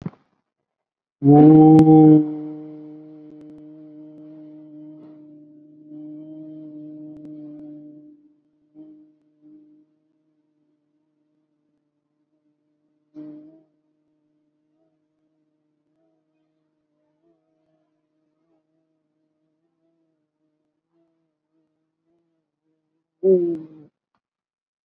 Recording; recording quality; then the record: sustained vowel as in boot; moderate, slight background noise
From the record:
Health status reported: COVID-19 positive, mild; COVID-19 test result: positive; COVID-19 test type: RT-PCR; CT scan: not taken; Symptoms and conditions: sore throat, diabetes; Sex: male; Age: 62 years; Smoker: no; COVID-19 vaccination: none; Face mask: worn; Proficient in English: no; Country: India